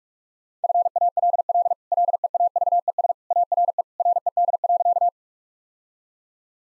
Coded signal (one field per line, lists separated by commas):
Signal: Morse code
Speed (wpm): 44 wpm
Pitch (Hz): 700 Hz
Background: none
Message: FALL LEAVES ARE RED.